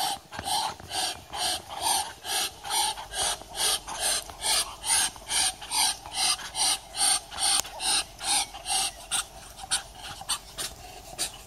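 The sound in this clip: Muscovy duck producing loud, regular rasping hisses, each puff cleanly spaced at just over two per second throughout.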